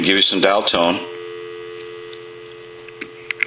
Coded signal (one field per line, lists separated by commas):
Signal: telephone call progress tone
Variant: North America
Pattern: dial tone